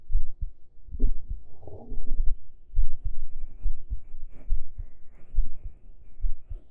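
Steady muffled heartbeat thumps at about 69 a minute, heard with the ear laid on an adult's chest under the shirt, with brief fabric rustling; a normal heartbeat.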